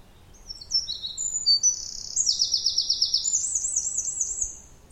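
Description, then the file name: Eurasian wren song: a loud, very high, fast outpouring of sharp notes and rapid buzzy trills lasting about four seconds, with faint low rumble beneath. "Troglodytes troglodytes"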